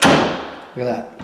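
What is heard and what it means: A half-installed interior door knob, with only the top strike plate screw in, has its door swung shut to test that the spring latch bolt catches the door frame strike plate before the second hole is drilled. A solid thump lands at 0.0 s as the latch seats in the strike plate, and then someone talks. The latch catches.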